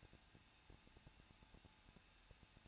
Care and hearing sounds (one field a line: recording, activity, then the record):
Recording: daily activity, microphone in the room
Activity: no activity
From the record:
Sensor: 2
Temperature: 21.0 degrees Celsius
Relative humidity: 37.5%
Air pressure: 1006.2 hPa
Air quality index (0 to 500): 224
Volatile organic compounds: 25 ppm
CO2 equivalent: 2844 ppm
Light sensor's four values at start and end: 2/3/2/2 and 2/3/2/2